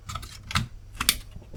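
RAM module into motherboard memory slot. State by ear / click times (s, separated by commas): not seated / none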